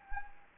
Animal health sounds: mosquito wingbeat signal from an infrared sensor; Anopheles gambiae

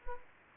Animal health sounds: mosquito wingbeat signal from an infrared sensor; Anopheles gambiae

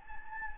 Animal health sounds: mosquito wingbeat signal from an infrared sensor; Anopheles gambiae

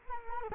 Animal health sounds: mosquito wingbeat signal from an infrared sensor; Culex quinquefasciatus

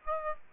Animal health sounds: mosquito wingbeat signal from an infrared sensor; Aedes aegypti

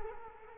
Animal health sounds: mosquito wingbeat signal from an infrared sensor; Culex quinquefasciatus

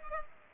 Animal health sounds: mosquito wingbeat signal from an infrared sensor; Culex pipiens

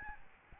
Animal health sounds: mosquito wingbeat signal from an infrared sensor; Aedes albopictus

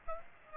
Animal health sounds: mosquito wingbeat signal from an infrared sensor; Aedes aegypti

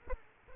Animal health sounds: mosquito wingbeat signal from an infrared sensor; Aedes aegypti

